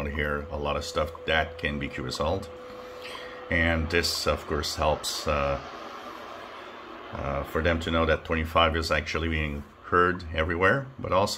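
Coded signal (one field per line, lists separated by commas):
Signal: radio time signal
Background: speech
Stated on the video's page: WWV time signal received at 25 MHz on a Tecsun PL-990X; higher frequencies are improving with more solar activity.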